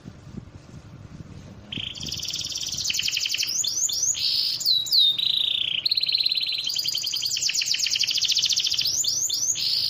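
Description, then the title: Bird song with quick rattling trills and looping whistled sweeps, steady and rapid after a quieter start. Compilation ('masteran') of bird songs. "Masteran burung terlengkap"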